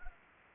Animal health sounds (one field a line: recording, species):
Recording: mosquito wingbeat signal from an infrared sensor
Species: Anopheles arabiensis